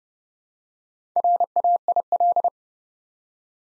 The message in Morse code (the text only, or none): RAIL